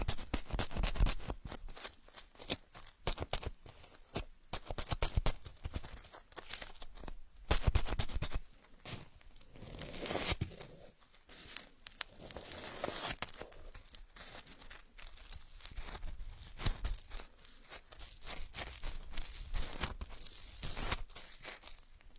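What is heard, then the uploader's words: Drawing on a paper drawing board with a pen: dense, scratchy strokes and rustles follow one another rapidly and unevenly for the whole stretch. Bursts of quick scribbling alternate with brief softer pauses, with louder, bright scrapes around ten and thirteen seconds. Drawing planets on the blackboard, paper and pen drawing board.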